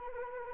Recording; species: mosquito wingbeat signal from an infrared sensor; Anopheles arabiensis